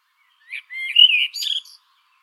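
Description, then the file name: Common blackbird singing one short phrase: a mellow fluted warble that ends in a higher, squeaky twitter, then silence. "Turdus merula"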